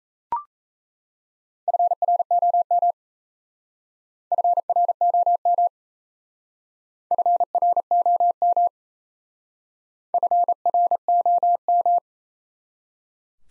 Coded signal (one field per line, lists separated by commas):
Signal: Morse code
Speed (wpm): 34 wpm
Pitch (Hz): 700 Hz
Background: none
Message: FROM FROM FROM FROM